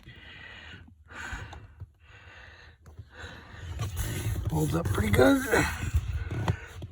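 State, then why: Seated. After a foot well LED lamp install in a C6 Corvette, a plastic interior trim panel is pressed back onto its interior clips while someone talks. A sharp, short snap at 6.5 seconds marks the panel seating firmly back into place.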